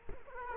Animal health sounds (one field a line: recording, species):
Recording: mosquito wingbeat signal from an infrared sensor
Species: Culex quinquefasciatus